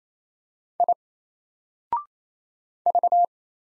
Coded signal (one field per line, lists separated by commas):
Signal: Morse code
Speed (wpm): 27 wpm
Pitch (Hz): 700 Hz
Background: none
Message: I V